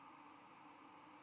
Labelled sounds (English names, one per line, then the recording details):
White-throated Sparrow flight call
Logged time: 07:19 on 10 November 2014